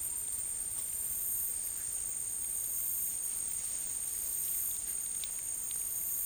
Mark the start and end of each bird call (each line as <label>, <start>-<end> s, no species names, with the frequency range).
bird call (1.0-2.5 kHz), 1.71-1.99 s